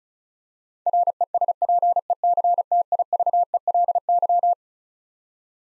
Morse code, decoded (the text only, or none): RESPECTIVELY